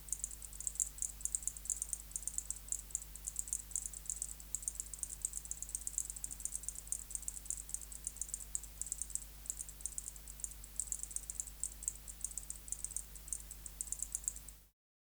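Zichya bush-cricket song: a continuous chain of high, rasping pulse bursts that runs on without pause and then stops abruptly at the end, with a faint low hum beneath.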